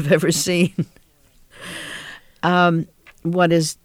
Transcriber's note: she laughs